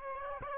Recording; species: mosquito wingbeat signal from an infrared sensor; Aedes aegypti